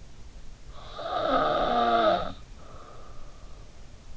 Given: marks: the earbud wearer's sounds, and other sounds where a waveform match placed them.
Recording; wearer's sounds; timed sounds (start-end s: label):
sounds in sleep by an in-ear microphone; snoring breath
0.50-3.79 s: snoring breath